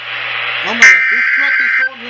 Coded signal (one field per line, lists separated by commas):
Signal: Emergency Alert System (SAME) tones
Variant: header bursts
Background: speech